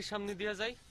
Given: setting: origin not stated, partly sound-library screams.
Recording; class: one-second piece from a danger detection set; normal situation